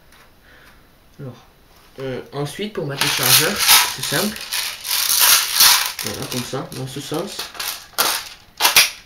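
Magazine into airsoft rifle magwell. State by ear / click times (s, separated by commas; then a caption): seated / 8.8 s. Someone talks while a magazine is pushed into the magwell of a plastic G36C airsoft replica rifle, with a sharp sound at 8.0 s. A small click at 8.8 s shows the magazine latching and seating in place.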